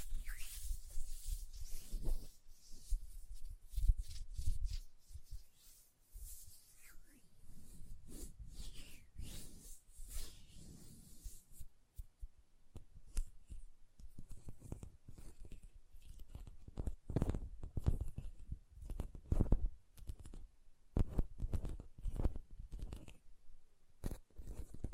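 Hand sounds with rubbing and lotion-like squishing fill the first half, soft and hissy with brighter swishes. After about twelve seconds come quick, irregular taps in dense clusters, each a short dull knock, continuing to the end with little pause.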